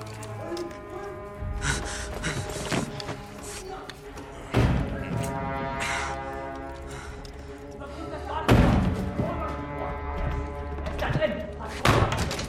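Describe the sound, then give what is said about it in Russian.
A group of young men lock themselves in a room: a door slams shut with a heavy thud, followed by further sharp bangs and clunks as it is secured, over a steady tonal background and muffled voices. “Парни запираются в комнате.”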